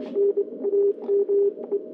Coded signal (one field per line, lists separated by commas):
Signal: Morse code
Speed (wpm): 24 wpm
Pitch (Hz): 400 Hz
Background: radio noise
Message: NAME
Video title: EI2KC straight key morse QSO with Everaldo IZ8WSO in Italy